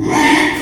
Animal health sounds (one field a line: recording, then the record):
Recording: squeal of a Yucatan mini pig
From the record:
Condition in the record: after surgery on the right vocal fold (resection and tissue-engineered implant)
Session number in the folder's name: 3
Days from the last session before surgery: 33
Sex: male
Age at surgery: 12 weeks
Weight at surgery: 13 kg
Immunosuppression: cyclosporine, prednisolone